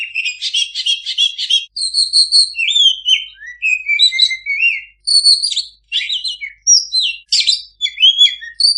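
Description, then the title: Oriental magpie-robin song opening with a harsh rattling burst, followed by varied clear whistled notes, some rising, some dropping, in short groups. Energetically singing (gacor) kacer used as a master recording to train kacer that do not sing (bisu). "mster Mnuk. Suara Masteran Kacer Gacor. Kacer Bisu"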